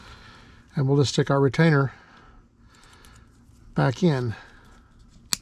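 A terminal retainer (secondary lock) is pushed back into the plastic cab-light wiring harness connector housing on an F250 Super Duty, after the brown and black wires have been pinned into the connector. Someone talks over quiet background noise, then one sharp, loud click sounds at 5.3 s as the retainer seats.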